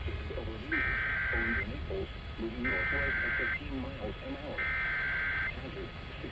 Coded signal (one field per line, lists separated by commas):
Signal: Emergency Alert System (SAME) tones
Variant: header bursts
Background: speech